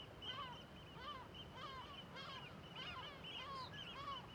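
Gulls giving alarm calls: harsh, nasal, downward-bending calls repeated roughly twice a second, with a steady high thin tone behind.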